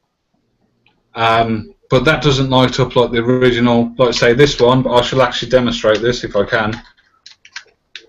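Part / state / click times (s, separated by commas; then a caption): toy figure foot into leg joint / not seated / none. Someone talks for most of the clip, then a few light ticking handling sounds come near the end as the foot of a plastic Power Rangers Legacy toy robot is worked into its leg joint. The foot does not lock into place and keeps flopping down, so nothing has seated or clicked yet.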